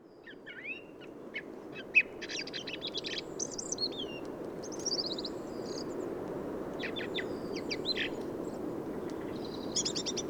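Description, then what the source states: Song thrush song, soft and rambling: a mix of squeaky twitters, short rattles and thin whistled notes, with a steady low hiss of background noise. Song thrush in Valdrôme forest, autumn, 15 November 2020; thrushes staying until snowfall thanks to exceptional whitebeam and rowan fruiting; autumnal improvised song; Nagra Seven recorder with Telinga parabolic reflector.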